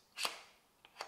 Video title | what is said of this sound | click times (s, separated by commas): ZHIYUN CRANE 4 Official Tutorial PART 1: Setup and Balance | like the camera we Slide the camera backward into this rail until it clicks | 0.2 s